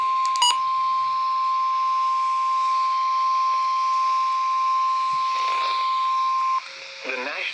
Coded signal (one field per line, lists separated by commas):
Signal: Emergency Alert System (SAME) tones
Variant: 1050 Hz attention tone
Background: speech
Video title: Tornado Warning And Severe Thunderstorm Warning Doubleheader (EAS #422-423)